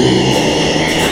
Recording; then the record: squeal of a Yucatan mini pig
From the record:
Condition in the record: before surgery on the right vocal fold (resection and tissue-engineered implant); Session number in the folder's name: 2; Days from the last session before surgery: 0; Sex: male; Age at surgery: 12 weeks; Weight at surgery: 13 kg